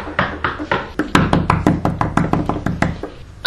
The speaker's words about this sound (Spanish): Pero en un momento de la noche, un anciano tocó la puerta.